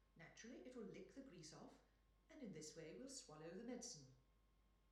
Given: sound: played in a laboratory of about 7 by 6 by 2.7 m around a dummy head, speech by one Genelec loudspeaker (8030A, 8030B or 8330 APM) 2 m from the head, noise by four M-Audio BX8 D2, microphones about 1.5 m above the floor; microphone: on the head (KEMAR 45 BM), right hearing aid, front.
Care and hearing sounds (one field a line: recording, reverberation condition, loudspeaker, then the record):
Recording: female speech in English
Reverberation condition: medium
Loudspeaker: in front (0 degrees)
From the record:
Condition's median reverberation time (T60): about 510 ms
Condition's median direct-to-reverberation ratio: about -0.5 dB